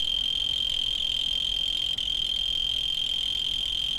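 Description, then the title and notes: Cricket giving an even, unbroken high trill from start to finish. Field recordings made in Tavira, Tangier, Lima and Bhubaneswar. "ACA - Grabaciones de campo. Grillo 2. grabaciones hechas en tavira, tangier, lima, bhubanshwar"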